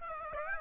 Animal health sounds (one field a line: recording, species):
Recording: mosquito wingbeat signal from an infrared sensor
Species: Aedes aegypti